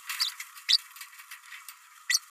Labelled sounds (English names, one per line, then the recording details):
Green-rumped Parrotlet babbling
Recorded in a nest box in Venezuela
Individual 18B104A3